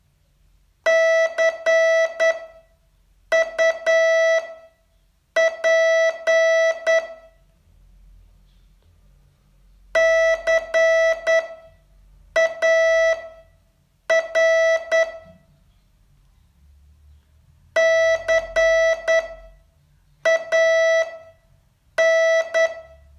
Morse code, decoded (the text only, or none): CUP CAR CAN